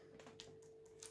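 A metal bag foot is pressed onto its post through a vinyl bag base, making a few faint, sharp taps and light scrapes around 0.2, 0.4, 0.6, 0.9 and 1.0 seconds over a steady low hum. The foot fails to click in, and nothing has seated or clicked yet.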